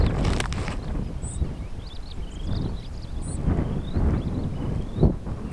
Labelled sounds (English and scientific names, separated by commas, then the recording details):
Superb Starling (Lamprotornis superbus) flight call
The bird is a male
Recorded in Kenya on 21 July 2010
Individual 93, of group SRB1